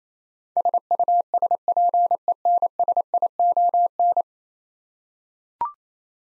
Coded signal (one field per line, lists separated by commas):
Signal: Morse code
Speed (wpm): 28 wpm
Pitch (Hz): 700 Hz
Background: none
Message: SUSPENSION